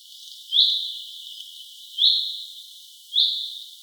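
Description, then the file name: Common chaffinch giving three high, upswept call notes, each with a short fading tail, roughly one to one and a half seconds apart. "Fringilla coelebs"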